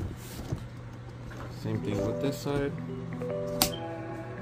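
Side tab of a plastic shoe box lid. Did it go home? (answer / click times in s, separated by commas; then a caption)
yes / 3.6 s. The side tab on the second side of a plastic stackable shoe box lid is pressed in until it locks, with music playing and someone talking throughout. A sharp snap at 3.6 s marks the tab seating into place.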